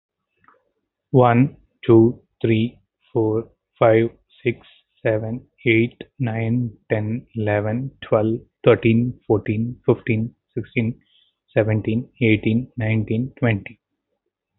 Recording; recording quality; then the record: counting at a normal pace; excellent, no background noise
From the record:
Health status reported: healthy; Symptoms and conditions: diabetes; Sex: male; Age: 35 years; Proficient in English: yes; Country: India